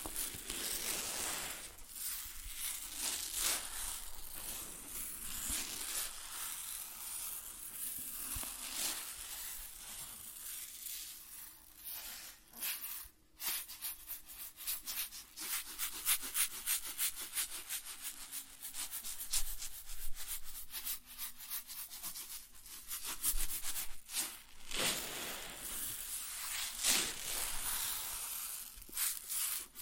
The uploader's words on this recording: ASMR Grain Sounds (No Talking).